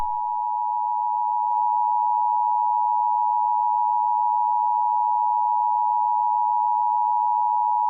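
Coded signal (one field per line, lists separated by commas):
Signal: Emergency Alert System (SAME) tones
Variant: 853 and 960 Hz attention tone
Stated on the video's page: Fictional EAS scenario inspired by Monster Hunter, using valid EAS tones.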